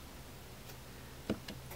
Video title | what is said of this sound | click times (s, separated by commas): Rock Island Armory 22 TCM 1911 Single Stack Pistol Review | and you want that to click into place like it just did | 1.3 s, 1.5 s